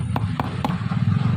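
A bearing is tapped or pushed into an electric fan motor housing, giving three sharp knocks at 0.2, 0.4 and 0.7 seconds over a steady low hum. The bearing is not yet fully home and only needs a little more to go.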